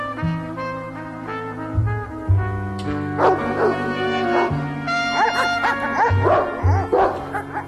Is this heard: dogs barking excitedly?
yes